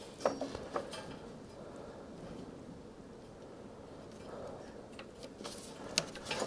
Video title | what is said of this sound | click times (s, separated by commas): Putting a Snapper Motor on a Troy Built Rear Engine Riding Mower | plug it in there till it clicks and the wiring's all done. | 6.0 s